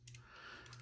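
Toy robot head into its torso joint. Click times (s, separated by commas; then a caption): 0.1 s. The plastic head of a transforming toy robot figure is rotated in its torso joint during a transformation until it snaps into position. A sharp click is heard at 0.1 s, followed by a softer click at 0.2 s and another light click near 0.7 s, with quiet handling between them. The head is seated in place.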